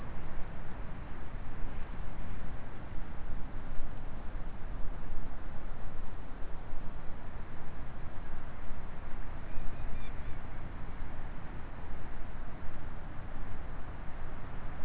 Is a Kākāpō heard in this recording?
no